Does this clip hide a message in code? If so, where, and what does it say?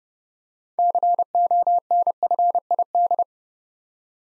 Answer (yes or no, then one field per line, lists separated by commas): yes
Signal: Morse code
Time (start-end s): 0.8-3.2 s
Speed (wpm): 30 wpm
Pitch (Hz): 700 Hz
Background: none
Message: CONFID